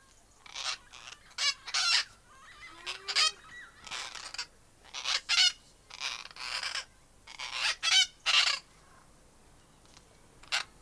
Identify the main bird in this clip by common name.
Lord Derby's Parakeet